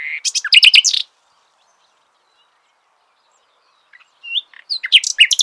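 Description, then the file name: Common nightingale song: a loud jumbled burst of rich warbled notes, a silent pause, then a short whistle and another fast, varied run of chattering notes. "Luscinia megarhynchos"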